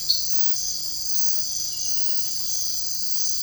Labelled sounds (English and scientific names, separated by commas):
none